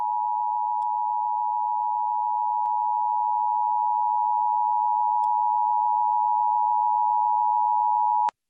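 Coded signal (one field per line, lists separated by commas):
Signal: Emergency Alert System (SAME) tones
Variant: 853 and 960 Hz attention tone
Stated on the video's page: Test of Vermont's Blue Alert EAS system.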